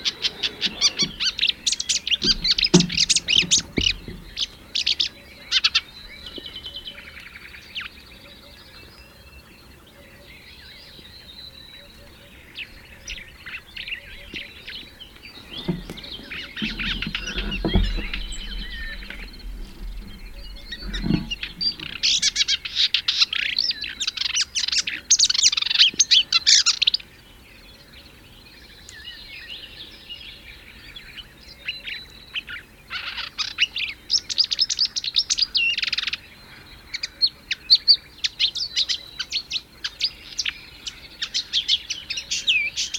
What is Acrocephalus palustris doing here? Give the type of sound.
song